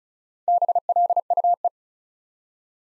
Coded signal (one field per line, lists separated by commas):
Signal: Morse code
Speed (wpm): 36 wpm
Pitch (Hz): 700 Hz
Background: none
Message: BLUE